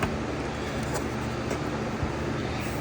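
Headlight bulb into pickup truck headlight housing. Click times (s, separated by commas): 0.0 s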